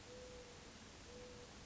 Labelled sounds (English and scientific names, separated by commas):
Mourning Dove (Zenaida macroura)